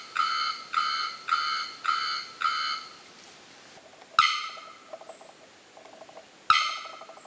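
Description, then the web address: Bearded bellbird calling: five quick, bell-like metallic notes in a row, then two separate loud explosive clangs, with soft chattering between them. "bearded bellbird. صدای-پرنده-زنگمرغ-ریشدار"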